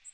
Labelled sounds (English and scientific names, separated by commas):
Magnolia Warbler (Setophaga magnolia) flight call